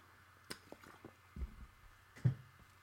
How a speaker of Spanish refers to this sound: perdón, se me está secando la voz, voy a tomar un poco de agua.